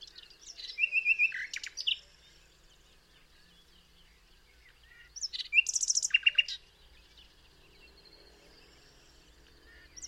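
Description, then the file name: Common nightingale song: two bursts of varied chirps and short trills separated by a quiet gap. "Luscinia megarhynchos"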